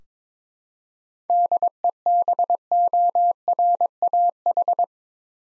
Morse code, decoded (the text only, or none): DEBORAH